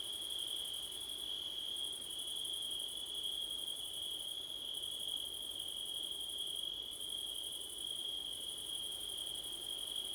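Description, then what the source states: Crickets calling, a steady high ringing tone with a higher pulsed trill above it that pauses briefly at intervals. Crickets on a windy September night; Blumlein stereo microphone pair.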